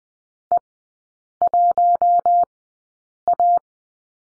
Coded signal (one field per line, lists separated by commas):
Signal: Morse code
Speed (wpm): 20 wpm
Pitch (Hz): 700 Hz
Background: none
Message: E1A